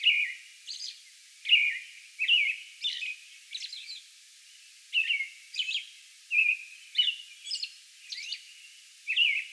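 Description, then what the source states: American robin song of caroling whistled phrases, some falling and some rising, interspersed with faint high-pitched squeaky notes and short gaps. Song bout recorded May 11.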